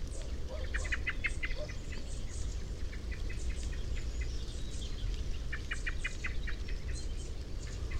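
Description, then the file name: Common blackbird calls: repeated sharp chinks in rapid series, with faint high notes above and a low constant rumble. "Turdus merula"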